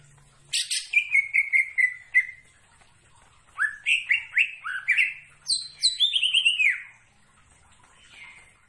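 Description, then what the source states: Greater green leafbird giving three bursts of song, each a quick series of sliding whistled notes, separated by short pauses. Singing actively; described as "gacor".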